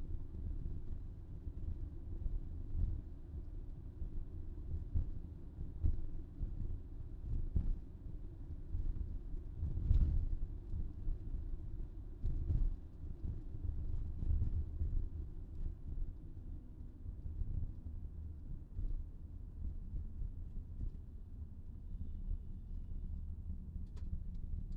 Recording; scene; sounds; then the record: everyday scene through a hearing-aid microphone; in a vehicle; engine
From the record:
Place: VW T5 Caravelle, diesel engine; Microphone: in the ear canal, left